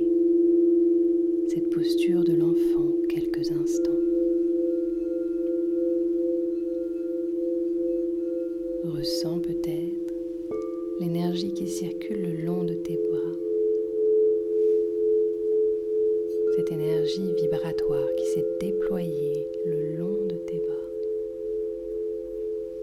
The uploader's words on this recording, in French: Libérer le coeur au son des bols de cristal - Yin audio.